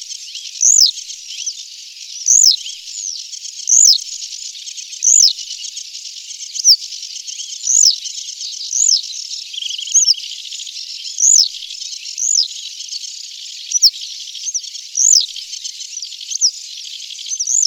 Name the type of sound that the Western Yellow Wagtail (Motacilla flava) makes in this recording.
song